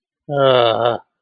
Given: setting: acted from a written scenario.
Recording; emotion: vocal sound without words; shame